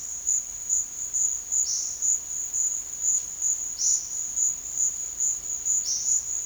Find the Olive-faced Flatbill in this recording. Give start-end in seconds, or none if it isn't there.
0.00-6.07